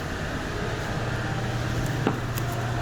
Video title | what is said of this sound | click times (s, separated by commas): Nissan Rogue sunroof leak - Nissan Rogue water in car when it rains | It kind of just snaps right in. | 2.1 s, 2.4 s